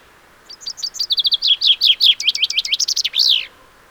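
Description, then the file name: Common chaffinch song: thin notes accelerating into a rattling trill, followed by descending slurred notes and a final buzzy flourish, lasting about three seconds. "Fringilla coelebs"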